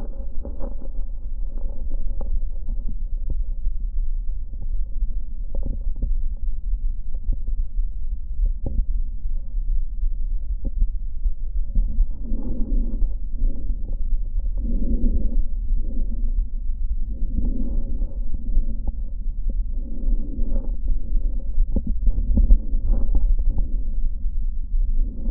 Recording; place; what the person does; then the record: lung sounds by stethoscope; left posterior apical chest; quiet breathing, then deep breathing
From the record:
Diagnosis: none (healthy); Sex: male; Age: 29 years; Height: 180 cm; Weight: 100 kg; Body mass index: 30.9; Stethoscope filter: diaphragm mode